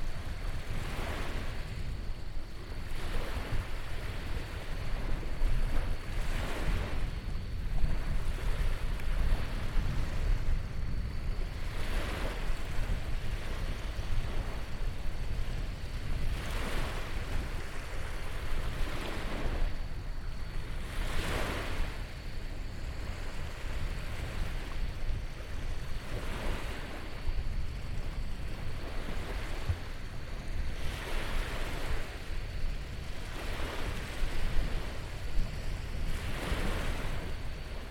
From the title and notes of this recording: These relaxing sounds are coming to you from Jacob's Beach. 6:30 pm.